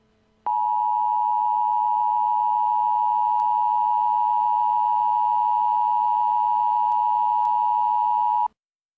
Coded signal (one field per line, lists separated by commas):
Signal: Emergency Alert System (SAME) tones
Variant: 853 and 960 Hz attention tone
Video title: Robbie Rotten Is Afraid Of The Emergency Alert System